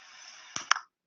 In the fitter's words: we can actually hear the piece snap into place let's check out to see whether or not we can hear it again